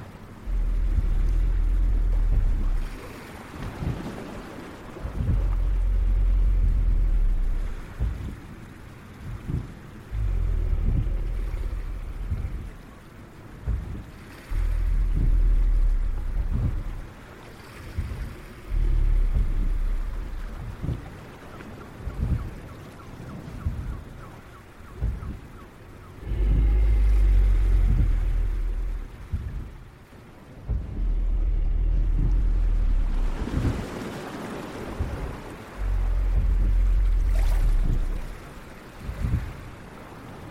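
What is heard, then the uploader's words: Ocean waves roll in a low, rumbling wash, swelling and easing every few seconds with stronger surges around 5, 10, 27 and 37 seconds. Short thumps and brief brighter splashes break through the steady deep roar, with a faint airy hiss above. Dragon's island ASMR ambience.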